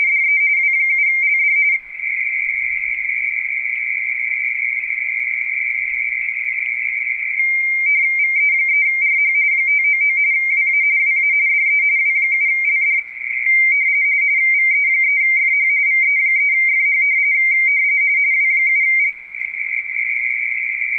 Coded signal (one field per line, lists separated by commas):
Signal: RTTY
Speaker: What you were just watching was a series of exchanges where this particular station W7LD W7 Lima Delta is running a frequency on a radio teletype contest.